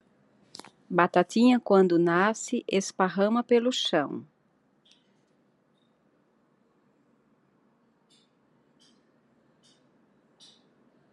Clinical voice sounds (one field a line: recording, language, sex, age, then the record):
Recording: short text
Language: Brazilian Portuguese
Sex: female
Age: 50 to 59 years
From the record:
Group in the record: control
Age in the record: 53 years